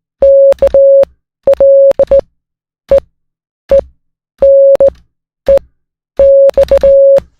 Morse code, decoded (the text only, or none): KLEENEX